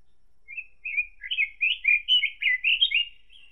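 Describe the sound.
Robin song, starting with a few high notes and building into a quick, tumbling run of warbled, twittering notes that wavers up and down.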